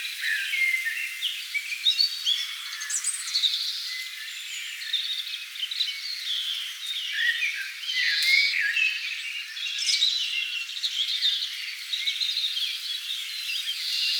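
Birds singing in a summer meadow: many overlapping high chirps, trills and short whistles run on continuously throughout.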